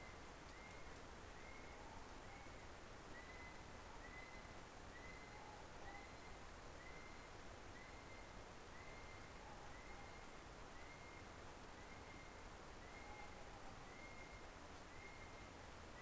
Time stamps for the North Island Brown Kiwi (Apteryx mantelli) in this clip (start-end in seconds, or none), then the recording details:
0.00-16.01. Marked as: faintness 3/5. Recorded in New Zealand on 17 November 2013. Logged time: 03:42. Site BS16